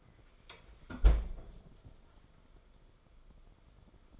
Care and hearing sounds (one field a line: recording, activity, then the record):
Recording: daily activity, microphone in the room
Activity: close fridge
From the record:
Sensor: 5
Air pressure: 994.6 hPa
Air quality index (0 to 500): 191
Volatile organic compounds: 1000 ppm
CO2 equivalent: 5615 ppm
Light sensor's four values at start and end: 48/143/56/62 and 44/136/53/58